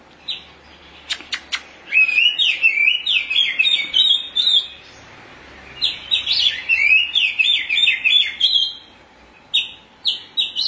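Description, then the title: Oriental magpie-robin song: a few sharp ticks, then two long bursts of fast warbling whistled phrases with short pauses between. Chirping song (kicauan) of the bird. "Suara Kicauan Burung Kacer"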